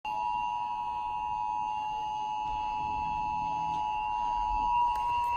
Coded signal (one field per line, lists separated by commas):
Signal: Emergency Alert System (SAME) tones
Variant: 853 and 960 Hz attention tone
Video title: Flash flood warning [EAS #98]